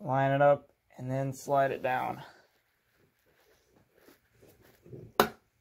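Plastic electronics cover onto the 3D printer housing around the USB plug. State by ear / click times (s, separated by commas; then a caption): seated / 5.2 s. Someone talks while the plastic electronics cover of a Sunlu S8 3D printer is fitted back in first, lined up with the housing and slid down, with faint handling sounds. At 5.2 s it snaps into place with one sharp, loud click as the cover goes around the outside of the USB plug, and the cover is seated.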